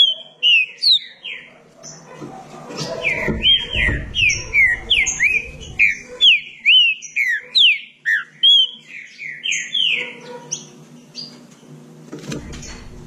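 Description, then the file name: Green-winged saltator singing a lively series of loud slurred whistles, closely spaced and varied in pitch, over a quiet low hum. "canto do trinca ferro"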